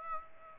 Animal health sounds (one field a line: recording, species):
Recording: mosquito wingbeat signal from an infrared sensor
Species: Aedes aegypti